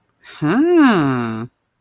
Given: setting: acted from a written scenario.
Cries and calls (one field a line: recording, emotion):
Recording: vocal sound without words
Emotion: interest